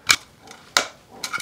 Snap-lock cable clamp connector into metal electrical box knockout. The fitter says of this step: just like so just locks into place you don't have to worry about tightening